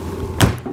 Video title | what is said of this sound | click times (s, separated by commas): You Won't Believe What This Ride On RC Car Can Do in Snow! | Oh, snap into place. | 0.4 s